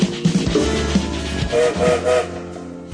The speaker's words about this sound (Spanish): Como todos los días, el tren se pone en movimiento. Sonó el silbato y nos ponemos en marcha.